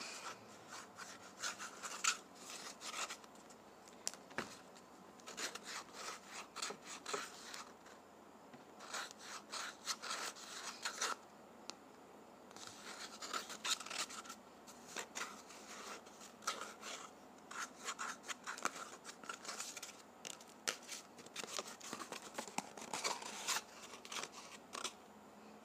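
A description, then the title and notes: Toilet paper being handled, with dense bursts of crinkling, rubbing and tearing-like rustles. The sound comes in clusters with brief quieter gaps, around 4, 7, 12 and 20 seconds, and is bright and papery with little low end. ASMR Toilet Paper.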